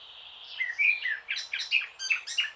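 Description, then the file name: Eurasian blackcap song with a soft warbling start followed by brighter scratchy notes and short fluty whistles in quick succession. "Sylvia atricapilla"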